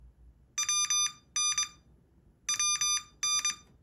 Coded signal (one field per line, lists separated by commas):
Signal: Morse code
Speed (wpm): 23 wpm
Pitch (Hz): 1200 Hz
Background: none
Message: WN WN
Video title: MorseBOX – Learn Morse Code with a Real Telegraph Key! Train, Transmit, Compete!